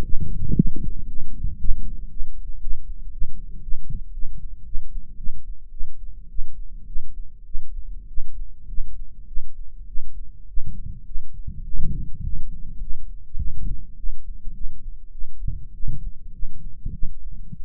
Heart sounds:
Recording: heart sounds by microphone in the right ear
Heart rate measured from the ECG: 106 bpm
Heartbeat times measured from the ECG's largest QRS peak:
0.01 s: heartbeat
0.54 s: heartbeat
1.06 s: heartbeat
1.57 s: heartbeat
2.08 s: heartbeat
2.59 s: heartbeat
3.10 s: heartbeat
3.60 s: heartbeat
4.11 s: heartbeat
4.63 s: heartbeat
5.15 s: heartbeat
5.69 s: heartbeat
6.27 s: heartbeat
6.85 s: heartbeat
7.43 s: heartbeat
8.06 s: heartbeat
8.66 s: heartbeat
9.25 s: heartbeat
9.85 s: heartbeat
10.45 s: heartbeat
11.03 s: heartbeat
11.62 s: heartbeat
12.21 s: heartbeat
12.78 s: heartbeat
13.35 s: heartbeat
13.95 s: heartbeat
14.52 s: heartbeat
15.10 s: heartbeat
15.71 s: heartbeat
16.31 s: heartbeat
16.91 s: heartbeat
17.54 s: heartbeat
From the record:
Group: healthy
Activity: rest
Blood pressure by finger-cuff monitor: 112/72 mmHg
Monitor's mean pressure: 83 mmHg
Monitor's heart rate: 105 bpm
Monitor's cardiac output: 7.8 L/min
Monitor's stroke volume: 75 mL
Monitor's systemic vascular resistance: 760 dyn s/cm5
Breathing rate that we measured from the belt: 32 breaths a minute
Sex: male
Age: 20 years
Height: 187 cm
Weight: 68.9 kg

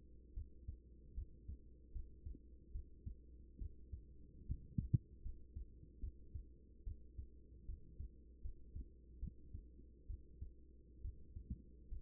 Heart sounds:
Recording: heart sounds by stethoscope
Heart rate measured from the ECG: 73 bpm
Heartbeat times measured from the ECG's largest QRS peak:
0.34 s: heartbeat
1.14 s: heartbeat
1.92 s: heartbeat
2.72 s: heartbeat
3.58 s: heartbeat
4.46 s: heartbeat
5.22 s: heartbeat
6.00 s: heartbeat
6.84 s: heartbeat
7.65 s: heartbeat
8.41 s: heartbeat
9.19 s: heartbeat
10.07 s: heartbeat
11.01 s: heartbeat
11.88 s: heartbeat
From the record:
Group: healthy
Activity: rest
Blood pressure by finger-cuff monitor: 110/64 mmHg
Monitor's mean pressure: 83 mmHg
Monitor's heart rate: 75 bpm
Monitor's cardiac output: 6.6 L/min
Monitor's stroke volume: 86 mL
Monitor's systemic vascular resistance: 920 dyn s/cm5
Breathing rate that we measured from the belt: 18 breaths a minute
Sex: female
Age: 24 years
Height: 163 cm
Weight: 55.7 kg

